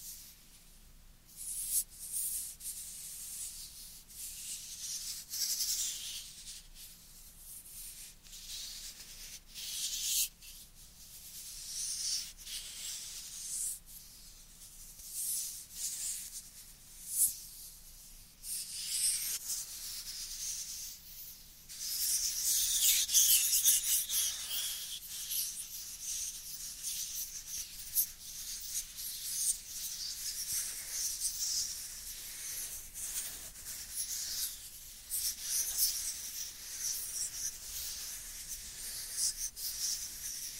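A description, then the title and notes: Dry hands rub together in a long series of soft, papery strokes, each a hissy swish rising and falling every second or two. The rubbing grows fuller and more continuous around the middle before easing back, over a faint steady low hum. Dry Dry Hand Sounds. (No Talking).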